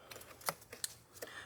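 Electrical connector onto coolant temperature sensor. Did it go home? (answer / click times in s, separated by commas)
yes / 0.8 s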